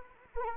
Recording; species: mosquito wingbeat signal from an infrared sensor; Anopheles arabiensis